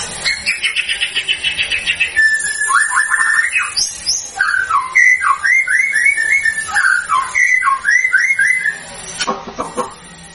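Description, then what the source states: White-rumped shama song, a rich run of varied whistles, slurred downward notes and quick repeated phrases around mid pitch, with brief high flourishes and a final buzzy burst. Actively singing white-rumped shama used as a lure to provoke a response from other shamas.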